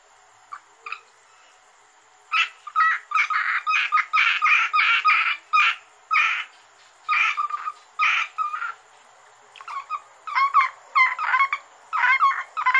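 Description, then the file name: Asian grass frog calls: a quiet start with a few faint notes, then many bursts of rapid rasping croaks broken by short pauses. "rana limnocharis gruenrekorder"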